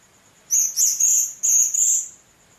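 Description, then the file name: Blue-crowned hanging parrot calling: a quick run of four or five shrill, buzzy, high twittering notes over a faint continuous whine. "serindit"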